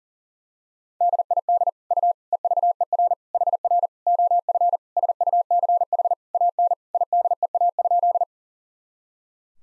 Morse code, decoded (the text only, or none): DID U EVER HR OF SUCH AN IDEA?